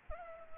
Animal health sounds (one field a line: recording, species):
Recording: mosquito wingbeat signal from an infrared sensor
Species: Culex pipiens